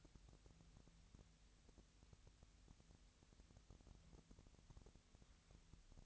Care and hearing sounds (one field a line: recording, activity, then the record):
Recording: daily activity, microphone in the room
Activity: wipe stove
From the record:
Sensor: 3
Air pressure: 1001.6 hPa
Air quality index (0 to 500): 223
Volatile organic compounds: 30 ppm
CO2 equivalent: 2960 ppm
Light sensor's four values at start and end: 11/34/14/12 and 11/34/14/12